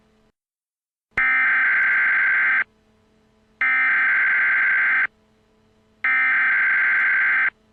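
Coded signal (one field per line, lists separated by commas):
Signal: Emergency Alert System (SAME) tones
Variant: header bursts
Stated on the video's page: Fictional hostage situation alert, a scenario rather than a real activation.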